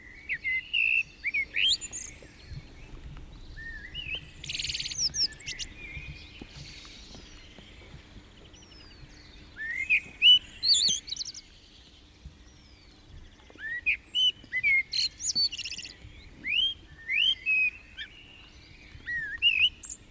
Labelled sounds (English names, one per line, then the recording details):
Common Blackbird song
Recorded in the wild
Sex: male
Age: adult
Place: Garmisch-Partenkirchen, Bayern, DE
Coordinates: 47.4933, 11.0794
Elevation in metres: 704
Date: 1969-04-13
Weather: Schneefall
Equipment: Uher 4000 Report
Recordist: Tretzel, Erwin